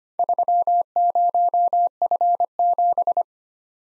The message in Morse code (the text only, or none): 30F7